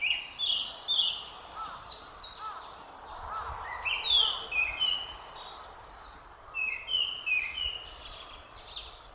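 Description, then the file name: Japanese thrush song: varied, fluting whistled phrases with sharp downslurred notes and high twittering, repeated in short bursts over steady background noise. Recorded on 23 April 2021. "20210423 クロツグミ"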